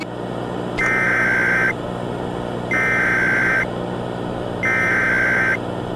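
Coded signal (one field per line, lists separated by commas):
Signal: Emergency Alert System (SAME) tones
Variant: header bursts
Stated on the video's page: Prank EAS alert inserted into a cartoon episode, not a real alert.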